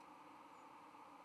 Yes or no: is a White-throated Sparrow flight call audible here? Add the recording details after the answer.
no. Another species' flight call is heard. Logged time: 05:19 on 13 November 2014